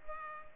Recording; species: mosquito wingbeat signal from an infrared sensor; Culex pipiens